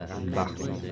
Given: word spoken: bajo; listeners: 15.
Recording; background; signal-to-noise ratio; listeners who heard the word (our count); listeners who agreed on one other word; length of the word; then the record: one Spanish word in noise, from a listening test; eight-talker babble; 0.5 dB; 3 of 15; 7 of 15; 0.52 s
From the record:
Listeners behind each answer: 7, 3, 1, 1, 1, 1, 1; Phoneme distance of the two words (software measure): 7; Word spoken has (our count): 2 syllables, 4 phonemes, stress on syllable 1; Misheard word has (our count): 2 syllables, 5 phonemes, stress on syllable 1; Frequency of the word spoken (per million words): 349.00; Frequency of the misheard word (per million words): 31.27